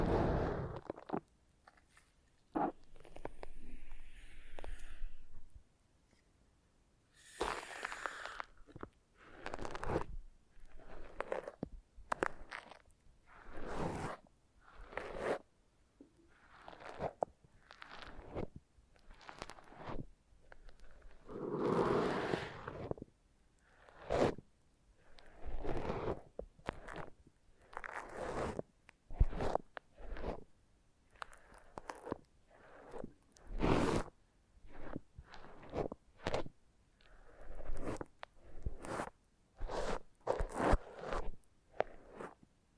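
Foam being massaged and squeezed in a run of short, scratchy, crunching strokes about every second, each a quick bright rasp. A longer, fuller squeeze comes near the twenty-second mark, and a few brief high squeaks appear early on.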